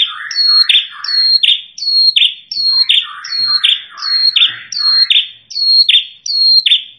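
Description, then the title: Prinia call series, loud high notes with a quick downward sweep repeated steadily about every three quarters of a second, with softer chattering between them. Lure sound used for trapping birds; called prenjak kepala merah (red-headed prinia), described as original and melodious. "Suara Pikat Prenjak Kepala Merah Asli Merdu"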